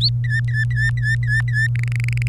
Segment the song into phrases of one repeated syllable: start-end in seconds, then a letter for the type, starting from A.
0.01-0.10 A, 0.24-1.67 B, 1.75-2.28 C